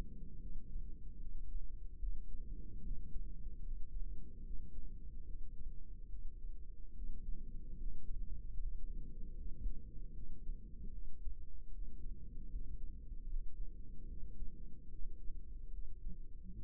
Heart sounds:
heart sounds by microphone in the right ear; 74 bpm
0.38 s: heartbeat
1.17 s: heartbeat
1.97 s: heartbeat
2.80 s: heartbeat
3.61 s: heartbeat
4.41 s: heartbeat
5.23 s: heartbeat
6.07 s: heartbeat
6.92 s: heartbeat
7.76 s: heartbeat
8.56 s: heartbeat
9.33 s: heartbeat
10.11 s: heartbeat
10.90 s: heartbeat
11.69 s: heartbeat
12.48 s: heartbeat
13.27 s: heartbeat
14.05 s: heartbeat
14.87 s: heartbeat
15.69 s: heartbeat
16.53 s: heartbeat
From the record:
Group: healthy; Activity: rest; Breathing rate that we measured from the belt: 12 breaths a minute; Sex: female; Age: 32 years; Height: 172 cm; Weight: 71.7 kg

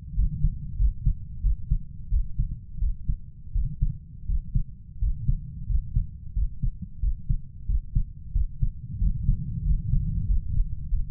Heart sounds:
heart sounds by stethoscope; 89 bpm
0.18 s: heartbeat
0.80 s: heartbeat
1.44 s: heartbeat
2.12 s: heartbeat
2.82 s: heartbeat
3.55 s: heartbeat
4.29 s: heartbeat
5.02 s: heartbeat
5.70 s: heartbeat
6.36 s: heartbeat
7.03 s: heartbeat
7.69 s: heartbeat
8.35 s: heartbeat
9.01 s: heartbeat
9.66 s: heartbeat
10.29 s: heartbeat
10.91 s: heartbeat
From the record:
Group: healthy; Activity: rest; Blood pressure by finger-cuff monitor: 133/76 mmHg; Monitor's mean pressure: 94 mmHg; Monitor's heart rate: 91 bpm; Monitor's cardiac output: 7.7 L/min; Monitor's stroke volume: 83 mL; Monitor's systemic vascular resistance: 890 dyn s/cm5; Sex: male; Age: 21 years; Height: 175 cm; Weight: 72.6 kg

